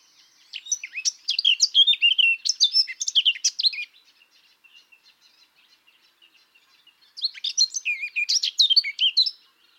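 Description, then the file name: Eurasian blackcap song: two bursts of rich, fast warbling phrases with varied chirps and whistles, separated by a few seconds of quieter soft notes. "Sylvia atricapilla"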